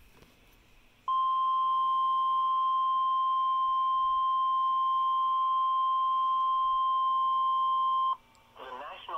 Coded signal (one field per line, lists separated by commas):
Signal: Emergency Alert System (SAME) tones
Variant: 1050 Hz attention tone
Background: speech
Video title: EAS 1756 TOA #133